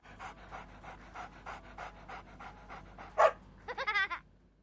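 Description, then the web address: Dog panting rhythmically, then a sharp bark and a short burst of whining near the end. A working dog. "Working Dog. perro de trabajo"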